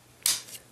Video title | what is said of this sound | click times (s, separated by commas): Fall of Cybertron Voyager GRIMLOCK: EmGo's Transformers Reviews N' Stuff | it snaps into place and that locks that whole thing in into place so | 0.3 s